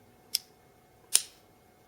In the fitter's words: nice solid lock up